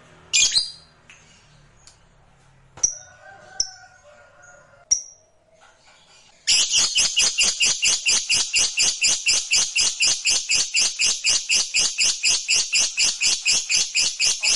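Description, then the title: Lovebird gives scattered squawks and thin chirps, then breaks into a long, fast, shrill rattling trill lasting about eight seconds. Fighter lovebird giving ngekek panjang, a long ngekek. "Begitu Dengar Suara Lovebird FIGHTER NGEKEK PANJANG"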